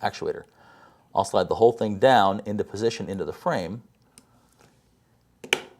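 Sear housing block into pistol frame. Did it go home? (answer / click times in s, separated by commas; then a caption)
yes / 5.5 s. The sear housing block, with the trigger bar extension fitted, is slid down into the polymer frame of an M&P M2.0 pistol while someone talks. A few faint ticks follow, then a sharp, loud click at 5.5 s as the block seats into the frame.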